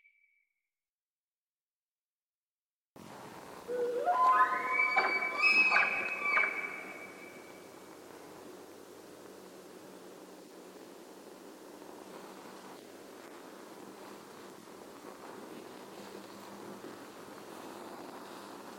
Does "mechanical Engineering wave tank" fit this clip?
no